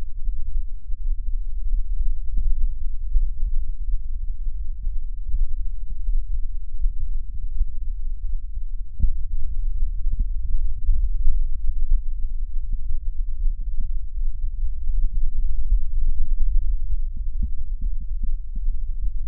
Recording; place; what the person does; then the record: lung sounds by stethoscope; left anterior apical chest; quiet breathing, then deep breathing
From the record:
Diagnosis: interstitial lung disease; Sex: male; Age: 61 years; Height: 172 cm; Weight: 71 kg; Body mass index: 24.0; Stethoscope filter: bell mode